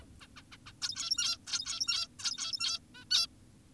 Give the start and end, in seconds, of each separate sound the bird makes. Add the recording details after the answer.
0.21-0.27, 0.37-0.42, 0.52-0.57, 0.66-0.72, 0.82-1.38, 1.47-2.08, 2.19-2.80, 2.95-3.05, 3.11-3.27. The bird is an adult. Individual g17y2U